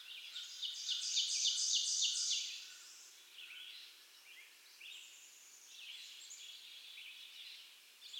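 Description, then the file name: Mourning Warbler song: a loud burst of rapid, repeated chirping notes early on, followed by softer phrases. "Geothlypis philadelphia - Mourning Warbler"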